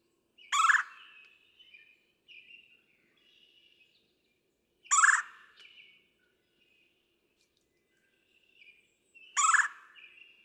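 Red-bellied woodpecker repeating a harsh rolling churr about every four seconds, three calls in all, with faint chirps between them.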